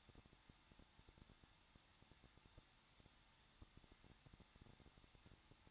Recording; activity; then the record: daily activity, microphone in the room; no activity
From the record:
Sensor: 3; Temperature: 21.2 degrees Celsius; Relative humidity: 36.4%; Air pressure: 1006.3 hPa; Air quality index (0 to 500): 223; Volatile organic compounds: 43 ppm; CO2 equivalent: 3191 ppm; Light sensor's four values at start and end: 2/3/2/2 and 2/3/2/2